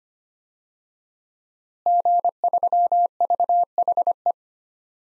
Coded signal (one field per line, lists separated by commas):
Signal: Morse code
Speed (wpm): 25 wpm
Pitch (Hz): 700 Hz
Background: none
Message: G3VHE